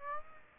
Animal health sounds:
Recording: mosquito wingbeat signal from an infrared sensor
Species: Aedes aegypti

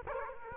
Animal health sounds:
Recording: mosquito wingbeat signal from an infrared sensor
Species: Culex quinquefasciatus

